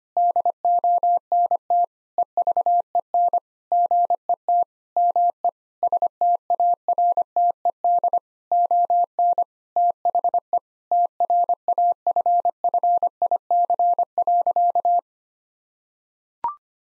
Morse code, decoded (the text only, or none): DONT EVEN GET ME STARTED ON THE TRAFFIC.